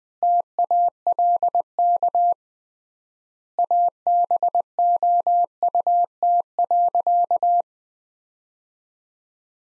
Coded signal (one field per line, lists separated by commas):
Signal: Morse code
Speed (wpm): 20 wpm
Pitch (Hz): 700 Hz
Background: none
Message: TALK ABOUT.